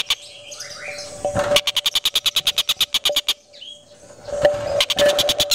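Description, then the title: Van Hasselt's sunbird song: a steady run of sharp, high rapid notes after a soft twittering start, with a faint thin whistle and further ticking at the end. Melodious, clear and loud song. "Suara Kolibri Ninja MERDU, JELAS DAN LANTANG"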